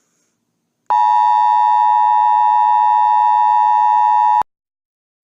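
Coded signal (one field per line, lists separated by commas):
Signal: Emergency Alert System (SAME) tones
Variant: 853 and 960 Hz attention tone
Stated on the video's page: Fictional EAS scenario about shootings, not a real alert.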